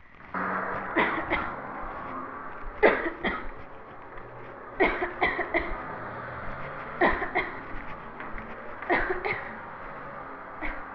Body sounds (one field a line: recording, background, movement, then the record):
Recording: voluntary coughing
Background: traffic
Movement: walking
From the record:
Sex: female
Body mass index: 18.3 kg/m2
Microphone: on the chest, facing the body